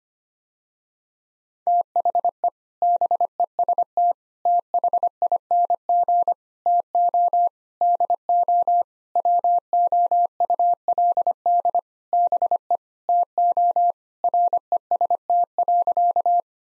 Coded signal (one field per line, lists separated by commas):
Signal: Morse code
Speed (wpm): 25 wpm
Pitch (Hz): 700 Hz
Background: none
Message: THE BEST THING TO DO WOULD BE TO REST.